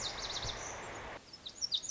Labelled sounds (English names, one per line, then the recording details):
Lazuli Bunting
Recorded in Sonoma County, California